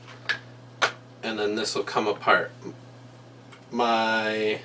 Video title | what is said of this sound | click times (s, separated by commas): Breakdown Of An AR Platform Rifle | you can pull it out you'll hear it click and then | 0.8 s